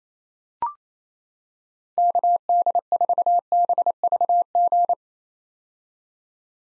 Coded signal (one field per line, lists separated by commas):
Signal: Morse code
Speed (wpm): 28 wpm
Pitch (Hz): 700 Hz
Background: none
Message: KD4BVG